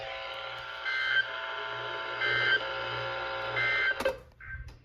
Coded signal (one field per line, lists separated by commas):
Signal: Emergency Alert System (SAME) tones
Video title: GENERAL RISK TORNADOES | Alerts from 9/29/24 - 9/30/24 (EAS #1426 - 1445)